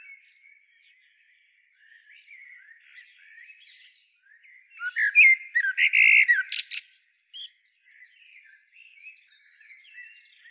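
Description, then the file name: Eurasian blackbird delivering one loud phrase midway, a fluted warble breaking into harsh high squeaky notes, amid quieter soft notes. "Turdus merula"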